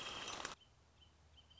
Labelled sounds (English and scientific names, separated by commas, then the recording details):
Wrentit (Chamaea fasciata)
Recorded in Sonoma County, California